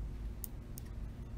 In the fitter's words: probably heard that click that's all to it once